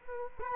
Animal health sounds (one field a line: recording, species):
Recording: mosquito wingbeat signal from an infrared sensor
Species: Culex quinquefasciatus